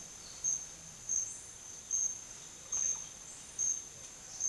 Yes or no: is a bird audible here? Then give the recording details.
no. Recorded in secondary vegetation near Puerto Asís, Putumayo, Colombia, on 22 June 2025 at 10:00. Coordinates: 0.485, -76.322. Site GP06